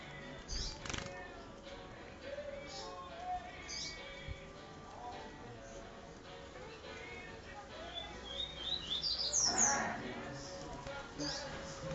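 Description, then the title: Double-collared Seedeater song: a fast rising series of high sweet notes near the end, with a brief noisy rustle beside it and faint chirps earlier over a low hum. "Canto Coleiro"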